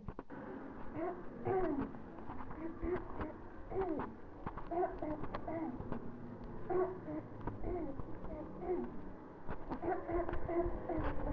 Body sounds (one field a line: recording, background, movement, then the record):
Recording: throat clearing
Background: traffic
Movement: walking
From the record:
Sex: female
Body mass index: 18.8 kg/m2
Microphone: on the chest, facing the body